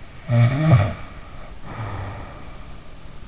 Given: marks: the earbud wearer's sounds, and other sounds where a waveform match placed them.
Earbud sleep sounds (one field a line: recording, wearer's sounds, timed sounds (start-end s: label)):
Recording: sounds in sleep by an in-ear microphone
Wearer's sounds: snoring breath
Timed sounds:
0.19-2.89 s: snoring breath